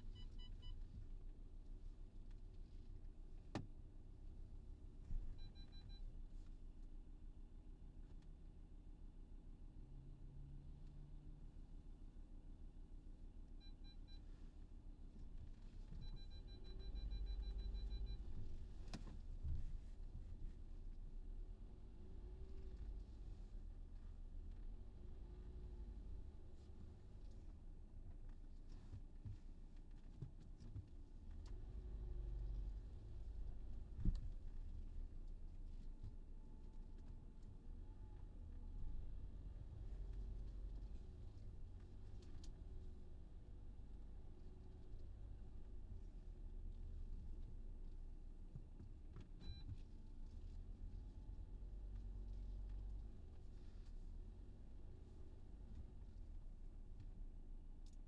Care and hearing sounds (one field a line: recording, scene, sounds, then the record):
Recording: everyday scene through a hearing-aid microphone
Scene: in a vehicle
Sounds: engine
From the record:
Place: VW T5 Caravelle, diesel engine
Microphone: in the ear canal, left